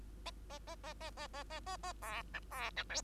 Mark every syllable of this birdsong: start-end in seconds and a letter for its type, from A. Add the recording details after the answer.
0.50-0.59 A, 0.67-0.75 A, 0.83-0.93 A, 1.00-1.11 A, 1.17-1.27 A, 1.33-1.44 A, 1.50-1.60 A, 1.66-1.77 A, 1.83-1.93 A, 2.02-2.23 B, 2.33-2.40 C, 2.51-2.71 B, 2.76-2.83 C, 2.89-3.01 D. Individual Bird2